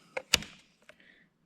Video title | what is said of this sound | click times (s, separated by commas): 2006 Toyota Solara transmission input seal as well as water pump and timing belt replacement | And then it clicks back into place there. | 0.3 s